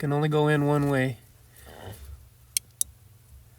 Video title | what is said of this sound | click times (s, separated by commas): F150 oem spotlights at any speed!! | And there it clicked. I think that's not all the way in, but it's close. | 2.6 s, 2.8 s